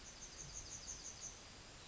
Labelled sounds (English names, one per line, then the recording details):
Yellowhammer song
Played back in forest
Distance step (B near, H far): F
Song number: 169